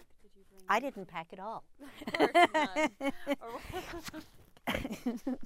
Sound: she laughs

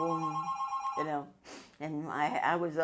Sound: phone rings

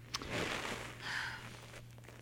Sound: sighs

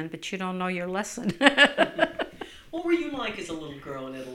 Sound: she laughs

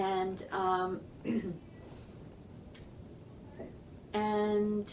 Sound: clears throat, pause

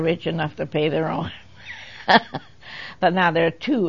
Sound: chuckles

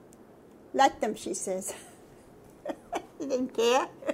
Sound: laughs

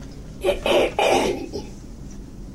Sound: clears throat

